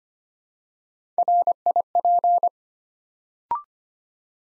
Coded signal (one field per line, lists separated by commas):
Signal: Morse code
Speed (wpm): 25 wpm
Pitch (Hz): 700 Hz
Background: none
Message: RIP